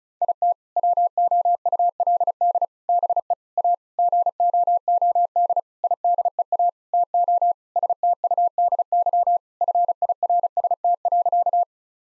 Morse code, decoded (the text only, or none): IT WOULD BE A GOOD IDEA TO STUDY FIRST.